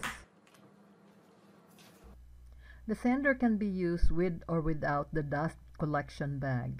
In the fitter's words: put it back push it downward until it clicks